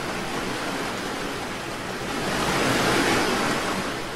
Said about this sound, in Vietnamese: Lại một con sóng nữa cuộn lên làm cả bọn ướt nhẹp khắp đầu khắp mặt.